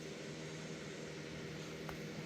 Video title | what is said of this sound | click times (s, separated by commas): Kia Stinger Alcantara Steering wheel install. A true step by step installation from start to finish! | Airbag snap back in place perfectly without an issue. | 1.9 s